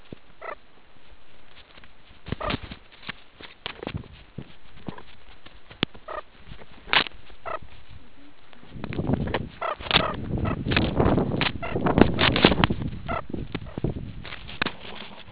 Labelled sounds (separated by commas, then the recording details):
meerkat close call
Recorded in the Kuruman River Reserve, South Africa
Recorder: an audio tag on a meerkat's collar